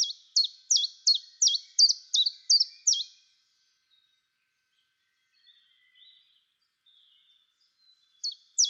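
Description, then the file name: Common chiffchaff song: nine rapid, high, falling notes, then a quiet pause with faint soft chirps, before two more sharp notes resume the phrase. "tjiftjaf"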